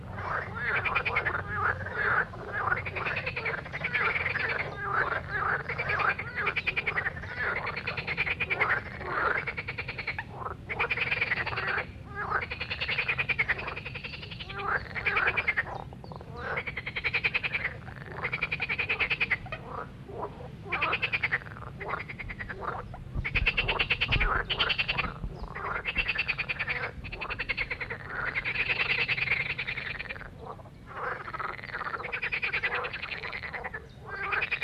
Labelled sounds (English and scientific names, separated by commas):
Marsh Frog (Pelophylax ridibundus) call